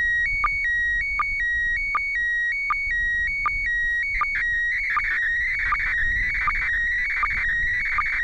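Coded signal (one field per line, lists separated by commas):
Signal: SSTV (slow-scan television)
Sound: steady whistle broken by regular short low blips, then warbling scratchy tones with periodic ticks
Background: radio static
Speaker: SS SSV transmission will start in about 20 seconds I believe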